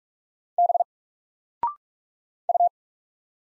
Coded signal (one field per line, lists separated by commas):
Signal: Morse code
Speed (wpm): 47 wpm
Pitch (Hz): 700 Hz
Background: none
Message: B U